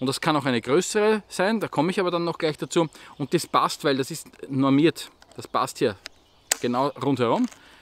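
A standard PET bottle is being handled at a backpack bottle holder whose retaining ring fits around the bottle's neck, while someone talks almost continuously. The bottle has not been pushed home yet, and the ring has not clicked in around it.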